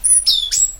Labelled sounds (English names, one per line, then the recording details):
Stitchbird song
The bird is a male
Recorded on Tiritiri Matangi Island, New Zealand, in 2005
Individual 12, of nest box 16